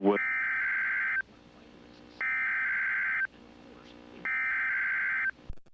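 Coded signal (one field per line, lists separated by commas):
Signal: Emergency Alert System (SAME) tones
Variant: header bursts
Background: speech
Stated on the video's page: Required weekly test from NOAA weather radio transmitter WXJ35, Portales, New Mexico.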